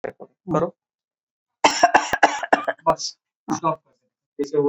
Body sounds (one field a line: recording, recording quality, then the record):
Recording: shallow voluntary cough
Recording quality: moderate, slight background noise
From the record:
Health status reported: COVID-19 positive, no symptoms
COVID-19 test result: positive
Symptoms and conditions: none ticked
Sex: female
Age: 59 years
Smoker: not ticked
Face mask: not worn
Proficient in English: no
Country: India